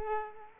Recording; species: mosquito wingbeat signal from an infrared sensor; Culex quinquefasciatus